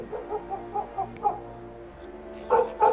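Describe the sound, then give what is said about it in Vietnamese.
Dogs bark across a street corner as the wind rises, a rapid string of short, yappy calls, fairly faint at first, then two louder, sharper barks ring out near the end. No one speaks. “Gió nổi lên, ở bên kia tiếng chó sủa râm ran ầm ĩ cả một góc phố.”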